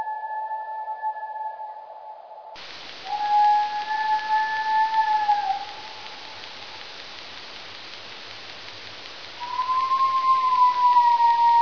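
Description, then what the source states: California mouse ultrasonic vocalizations: three long whistled tones with a fainter higher overtone, each lasting a few seconds, with noise between. Ultrasonic vocalizations compared between wild and laboratory California mice.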